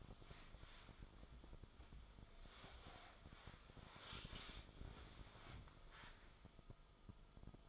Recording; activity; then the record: daily activity, microphone in the room; wipe stove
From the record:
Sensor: 5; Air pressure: 1004.9 hPa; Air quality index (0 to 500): 100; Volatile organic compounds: 2 ppm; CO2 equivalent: 1209 ppm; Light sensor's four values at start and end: 31/70/29/30 and 33/75/31/31